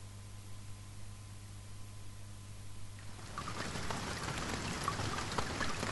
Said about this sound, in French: Vous êtes à la campagne. Il pleut